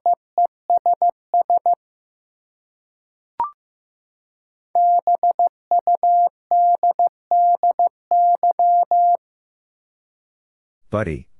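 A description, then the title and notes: A word sent in Morse code: a steady mid-pitched tone keyed into short dots and longer dashes, with a brief group at the start, a single click near three and a half seconds, then a longer run of characters. A short rustling burst closes it. Five Letter Words - 15wpm. First, the word is sent in Morse code. Finally, it is sent again in More code.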